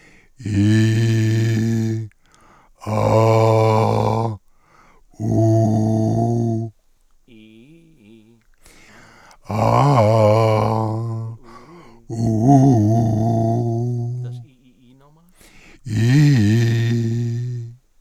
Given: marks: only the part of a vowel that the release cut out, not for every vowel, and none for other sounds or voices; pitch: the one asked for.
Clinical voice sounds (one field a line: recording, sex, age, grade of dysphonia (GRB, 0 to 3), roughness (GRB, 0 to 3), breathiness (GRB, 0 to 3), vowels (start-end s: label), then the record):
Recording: sustained vowels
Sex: male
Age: 40 to 49 years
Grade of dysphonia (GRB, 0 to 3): 2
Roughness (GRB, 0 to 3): 1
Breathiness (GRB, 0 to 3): 2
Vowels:
0.62-1.54 s: vowel /i/, low pitch
3.08-4.10 s: vowel /a/, low pitch
5.41-6.57 s: vowel /u/, low pitch
9.67-10.66 s: vowel /a/, low-high-low pitch
12.28-13.92 s: vowel /u/, low-high-low pitch
16.02-17.36 s: vowel /i/, low-high-low pitch
From the record:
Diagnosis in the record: recurrent laryngeal nerve paralysis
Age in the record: 44 years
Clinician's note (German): Alte nach Lungen-CA-OP, Lobektomie links mit Kompensation